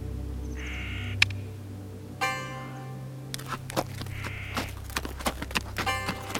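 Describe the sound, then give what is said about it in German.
A donkey's hooves clip-clop at an unhurried, steady pace as it moves off, sharp clacks repeating for several seconds, preceded by a couple of harsh, rasping calls and a low rumbling background. “Er schnalzte wie immer mit der Zunge und der Esel zuckelte gemächlich weiter.”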